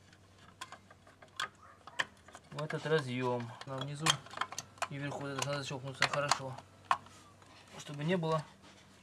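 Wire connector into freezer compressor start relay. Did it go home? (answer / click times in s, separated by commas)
no / none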